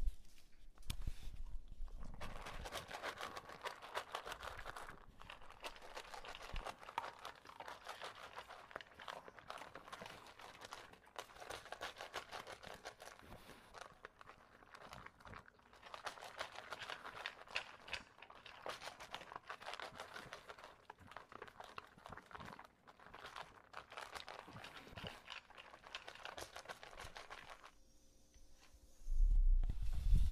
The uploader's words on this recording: English Bulldog Eating. The English Bulldog, as he devours his kibble in between classic bulldog snorting and heavy breathing.